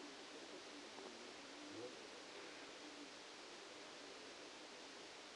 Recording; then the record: brain microelectrode recording played as sound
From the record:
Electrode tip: outside the subthalamic nucleus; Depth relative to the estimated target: 7 mm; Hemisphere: left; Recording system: NeuroSet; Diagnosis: Parkinson's disease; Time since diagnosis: 8 years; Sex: male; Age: 65 years